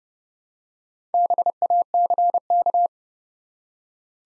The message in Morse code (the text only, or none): BACK